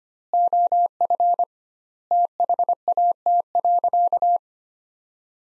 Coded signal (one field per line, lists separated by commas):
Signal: Morse code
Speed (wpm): 25 wpm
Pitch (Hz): 700 Hz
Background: none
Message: OF THAT.